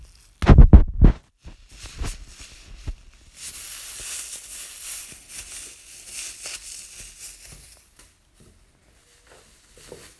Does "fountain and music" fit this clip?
no